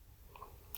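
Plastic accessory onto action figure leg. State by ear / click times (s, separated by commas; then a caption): not seated / none. A rubbery plastic accessory is pressed onto the leg of a Star Wars Dark Trooper Deluxe Vintage Collection 3.75-inch action figure, with faint plastic taps near 0.4 s and a sharper, louder tap at 0.8 s. The accessory does not click into place on the leg, but it holds reasonably well.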